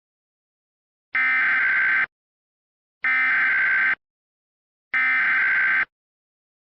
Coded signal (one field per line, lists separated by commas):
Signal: Emergency Alert System (SAME) tones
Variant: header bursts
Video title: Emergency Alert Scenarios | Dark Streets